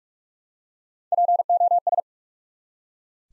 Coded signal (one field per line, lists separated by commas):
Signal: Morse code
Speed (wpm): 44 wpm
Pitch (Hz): 700 Hz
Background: none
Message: POS